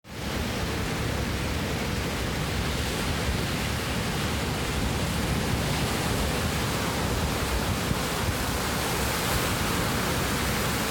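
Surf at Sunset Beach in Pacific Grove, California, heard as a dense, unbroken roar that holds steady for the whole clip. The rush is full and heavy in the low end, with a softer hiss across the top and no distinct breaking waves or other sounds.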